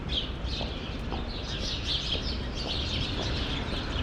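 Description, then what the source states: Sparrows twittering, quick overlapping chirps running without pause throughout the short stretch, with a low rumble underneath. Sparrows in a grove at Rue Saint-Jean Népomucène, Brussels, Belgium; recorded with Earsight V2 microphones in AB into a Mixpre-3.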